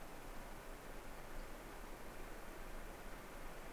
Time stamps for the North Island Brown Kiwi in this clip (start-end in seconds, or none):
none